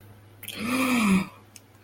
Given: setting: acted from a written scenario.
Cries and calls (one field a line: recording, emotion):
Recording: vocal sound without words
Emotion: desire